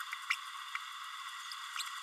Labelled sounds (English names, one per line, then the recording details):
Green-rumped Parrotlet babbling
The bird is a male
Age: 31 days
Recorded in a nest box in Venezuela
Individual 17B32A6